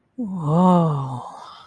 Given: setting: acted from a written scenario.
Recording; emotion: vocal sound without words; romantic love